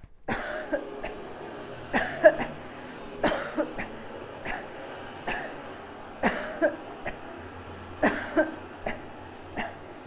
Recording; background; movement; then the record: voluntary coughing; traffic; sitting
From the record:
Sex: female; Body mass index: 22.6 kg/m2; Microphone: on the chest, facing outward